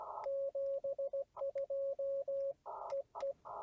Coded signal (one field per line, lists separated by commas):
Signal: Morse code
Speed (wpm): 16 wpm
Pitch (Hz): 550 Hz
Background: radio noise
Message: 72 EE